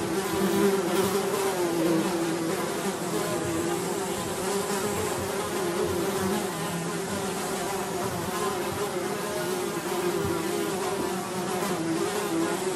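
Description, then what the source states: Fly buzzing: a continuous droning hum with slight swells in loudness, steady throughout. Several flies buzzing.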